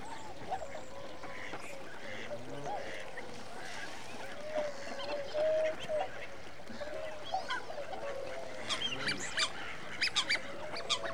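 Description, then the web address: Waterfowl flock calling: a dense, continuous chorus of honking and nasal calls, with some brighter, higher notes breaking through near the end. Winter migrant waterfowl. "BBC Sound Effects Library. Winter Migrant Waterfowl"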